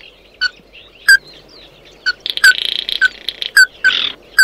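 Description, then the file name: Bird calls: short, sharp, ringing notes given singly at irregular intervals, with harsh buzzy bursts in between. "Tieng chim mat do"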